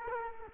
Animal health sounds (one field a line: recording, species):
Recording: mosquito wingbeat signal from an infrared sensor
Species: Culex quinquefasciatus